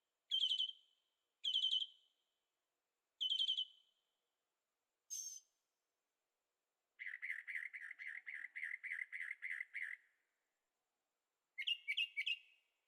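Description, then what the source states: Bird song: several single bright whistled notes, then a long rapid trilled series lasting about three seconds, ending with a short burst of higher notes. Birds singing at night in Carefree, Arizona; recorded with a Zoom H6 and stereo microphones.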